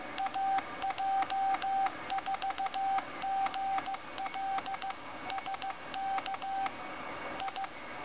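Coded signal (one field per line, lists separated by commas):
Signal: Morse code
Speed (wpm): 16 wpm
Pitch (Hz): 780 Hz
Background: none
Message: AJ4GL SK I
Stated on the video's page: Morse sent by a prototype automated straight keyer controlled by an Arduino Nano, intended for contest or special event use.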